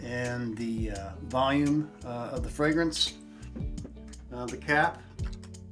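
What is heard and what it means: Someone talks over background music while handling the cap of a Dior Homme 2020 fragrance bottle, putting it back onto the perfume bottle. A few faint, short taps are heard between 3.6 and 5.6 s. The cap has not snapped into place yet; nothing has seated or clicked.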